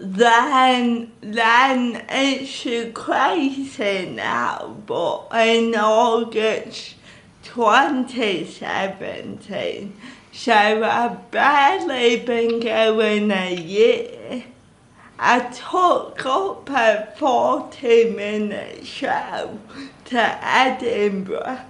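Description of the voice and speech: A woman speaks slowly, with vowels and consonants drawn out, occasional creaky voicing and blurred consonants, though she remains understandable. This slow, effortful articulation is dysarthria associated with cerebral palsy, which she has had since childhood.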